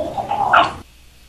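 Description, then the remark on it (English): A cat's growl, slowed and pitched down so it sounds almost like a grown man's voice, swelling and rising in pitch before cutting off abruptly after less than a second. “It was a cat growling.”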